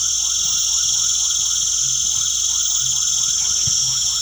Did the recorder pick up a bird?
no